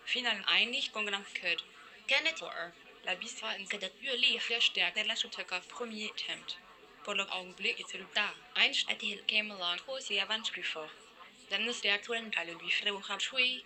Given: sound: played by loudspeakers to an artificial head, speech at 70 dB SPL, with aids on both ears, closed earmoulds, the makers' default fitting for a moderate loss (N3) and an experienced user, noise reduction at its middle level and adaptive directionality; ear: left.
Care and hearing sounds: speech test signal (ISTS) in cocktail-party noise; +3 dB; in front (0 degrees)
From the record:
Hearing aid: class 1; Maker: I

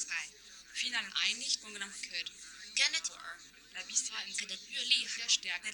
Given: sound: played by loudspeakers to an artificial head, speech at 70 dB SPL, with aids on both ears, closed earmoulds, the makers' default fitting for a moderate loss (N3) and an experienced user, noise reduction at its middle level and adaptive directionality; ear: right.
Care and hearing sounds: speech test signal (ISTS) in cocktail-party noise; +3 dB; on the right (90 degrees)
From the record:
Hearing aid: class 1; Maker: J

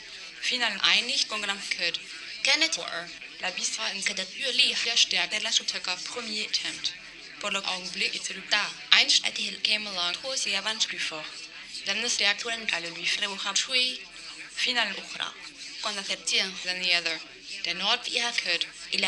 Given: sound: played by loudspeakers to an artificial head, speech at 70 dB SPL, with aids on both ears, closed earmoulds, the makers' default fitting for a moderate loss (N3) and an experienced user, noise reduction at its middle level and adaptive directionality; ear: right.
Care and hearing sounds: speech test signal (ISTS) in cocktail-party noise; +9 dB; in front (0 degrees)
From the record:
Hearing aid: class 1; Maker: B

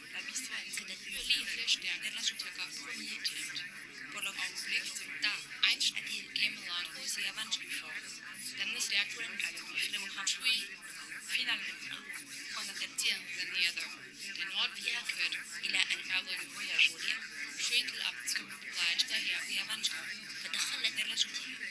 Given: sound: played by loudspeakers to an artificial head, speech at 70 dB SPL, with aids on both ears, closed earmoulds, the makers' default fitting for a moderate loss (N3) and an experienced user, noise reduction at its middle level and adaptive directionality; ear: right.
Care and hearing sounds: speech test signal (ISTS) in cocktail-party noise; -6 dB; in front (0 degrees)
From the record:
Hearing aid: class 2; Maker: H

